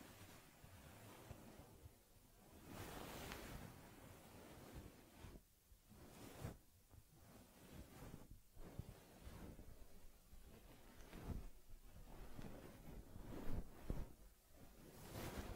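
Soft brushing and rubbing on a teddy bear's fur, a steady hushed rustle that swells and fades like passing waves. Louder strokes come every two or three seconds, some sharper and brighter, over a faint low rumble throughout.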